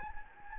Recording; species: mosquito wingbeat signal from an infrared sensor; Anopheles gambiae